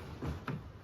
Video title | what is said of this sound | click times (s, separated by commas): 360 OTO KOLTUĞU VE İSOFİX KULLANIMI (YOYKO BEAR) (REKLAM VEYA İŞBİRLİĞİ DEĞİLDİR) | derece çeviriyorken bırakıyorum kendisi yerine gelince tık sesi geliyor tekrar | 0.5 s